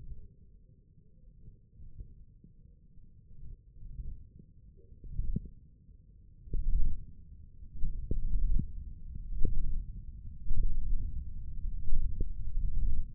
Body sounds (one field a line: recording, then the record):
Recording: forearm muscle sounds (acoustic myography)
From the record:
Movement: hook grip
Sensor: system 1, eight BSWA MPA416 microphones around the upper forearm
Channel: 5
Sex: male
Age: 20 years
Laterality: left